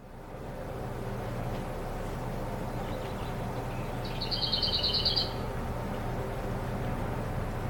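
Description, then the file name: Lesser whitethroat rattle, a brief run of rapid even ticking notes midway through, over constant low background hum and faint noise. "hernekerttu"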